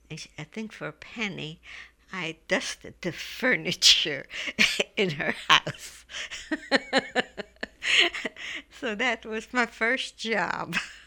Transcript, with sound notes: I think for a penny, I dusted the furniture in her house. ( she laughs ) So that was my first job.